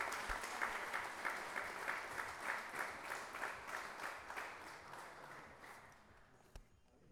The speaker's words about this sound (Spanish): Un aplauso, por favor.